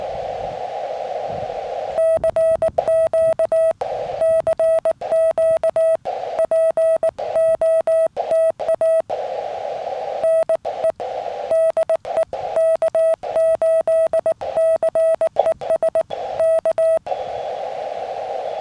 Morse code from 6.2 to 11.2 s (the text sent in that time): POTA NE